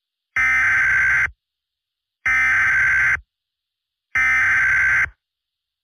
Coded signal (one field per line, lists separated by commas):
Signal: Emergency Alert System (SAME) tones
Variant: header bursts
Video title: EF5 (An EAS Scenario) EAS Scenario #11